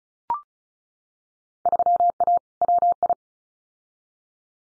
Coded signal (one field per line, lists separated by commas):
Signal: Morse code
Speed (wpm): 34 wpm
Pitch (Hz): 700 Hz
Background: none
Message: 3A WI